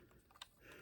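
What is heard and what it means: A second plastic toy bomb is rotated to line up with its indents and pushed into its holder on the other side of a Spin Master Batman aerial battle pack toy aircraft. A faint tick at 0.4 s is followed by a sharp click at 0.4 s as the bomb seats in the holder. Quiet, low handling noise fills the rest of the clip.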